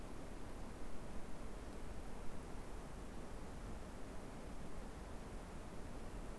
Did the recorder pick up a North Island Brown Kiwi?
no